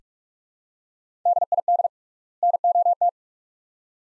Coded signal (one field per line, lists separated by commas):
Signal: Morse code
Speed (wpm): 46 wpm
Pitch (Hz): 700 Hz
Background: none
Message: DID NOT